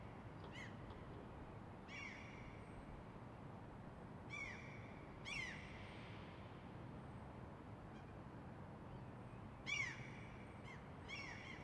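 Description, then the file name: Gulls calling: short, nasal, mewing cries with a downward curl, given singly or in quick pairs at irregular intervals over a steady low rumble. "Seagulls"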